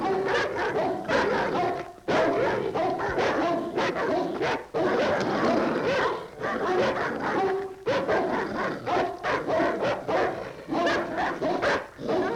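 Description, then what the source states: Dogs snarling and growling in a harsh, continuous tangle, with rough bursts broken by short pauses and occasional higher yelps. Dogs fighting.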